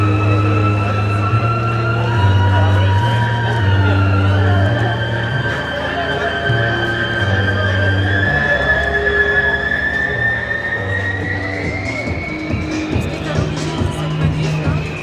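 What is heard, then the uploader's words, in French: A street parade against the G8 and G20 moves through Belleville, with steady crowd voices and a thumping low bass line from music playing throughout. A long sliding whistle-like tone rises slowly across the clip, and the loud, dense mix never lets up. Parade anti G8 - G20 joyeuse et déjantée à Belleville. Ici à Belleville, une manif haut en couleur contre les diktat sécuritaires et économiques des dirigeants du monde !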